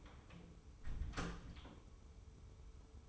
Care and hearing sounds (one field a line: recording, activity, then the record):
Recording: daily activity, microphone in the room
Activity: close door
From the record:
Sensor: 1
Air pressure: 1015.2 hPa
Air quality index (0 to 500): 129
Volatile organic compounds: 5 ppm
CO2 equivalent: 1775 ppm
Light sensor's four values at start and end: 14/33/14/15 and 14/33/14/15